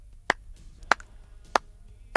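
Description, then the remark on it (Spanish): Four sharp, dry hand claps recorded in a simple anechoic chamber, at a slow, even pace, each a short bright burst that stops dead with no echo or ring, and no other sound between them. “Es el sonido de unas palmadas grabado con una sencilla cámara anecoica en condiciones asépticas, sin eco.”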